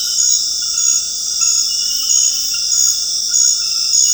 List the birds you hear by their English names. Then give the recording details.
none. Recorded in dense forest near Puerto Asís, Putumayo, Colombia, on 19 February 2024 at 22:00. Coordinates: 0.485, -76.325. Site G6429